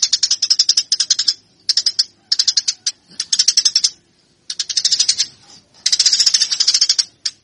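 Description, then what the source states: Eurasian tree sparrow chatter: rapid, harsh, high chirps delivered in short bursts separated by brief silences. Master recording for fighting (tarung) training; local name burung gereja.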